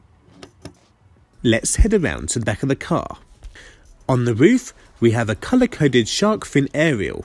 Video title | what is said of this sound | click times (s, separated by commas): 2007 BMW X5 E70 3.0Si SUV. Interior, exterior detailed in depth tour. Engine Start up Exhaust 2008 | To close the fuel door, you need to press the door back in until it clicks. | 0.4 s, 0.7 s